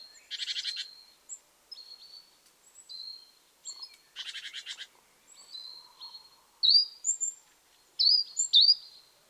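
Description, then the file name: Great tit making two short buzzy rattling bursts among thin high notes, ending with sharper, louder rising chip calls. "Parus major"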